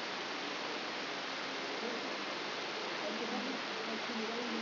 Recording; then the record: brain microelectrode recording played as sound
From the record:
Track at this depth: inside the subthalamic nucleus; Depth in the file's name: 4.502 mm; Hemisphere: left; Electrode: 3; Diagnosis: Parkinson's disease